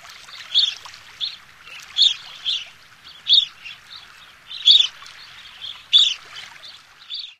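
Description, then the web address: Aleutian tern giving high, squeaky calls repeated every second or so, over a faint background hiss. "Songs of Birds of North America Stokes. Aleutian Tern"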